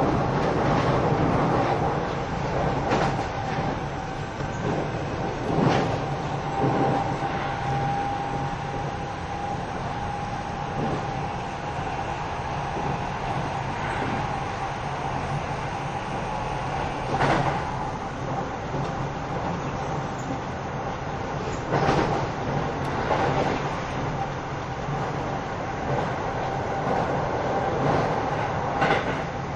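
A train runs along with a steady, dense rumble and rattle that holds level for the whole stretch. A faint whine hums through the middle. Brief clanks and knocks from the wheels punctuate it irregularly, every few seconds, around 3, 6, 17 and 22 seconds.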